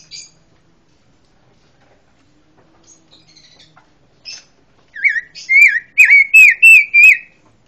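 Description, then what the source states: Pancawarna song: soft scattered chirps, then a burst of six loud, looping whistled notes in quick succession near the end. Song bursts called 'tembakan', praised as strong.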